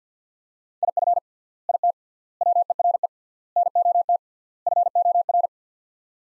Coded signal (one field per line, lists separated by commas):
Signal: Morse code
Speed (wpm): 50 wpm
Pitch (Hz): 700 Hz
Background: none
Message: IF IT WERE NOT FOR